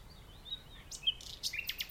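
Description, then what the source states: Common nightingale song: a faint thin whistle followed by buzzy, rasping chips in quick succession. In the dunes of The Hague, morning of 12 May 2021, recorded during a lockdown walk.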